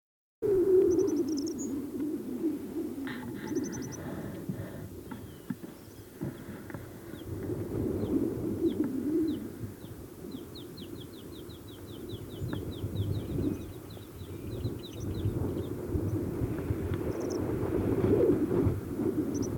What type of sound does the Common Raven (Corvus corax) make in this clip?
call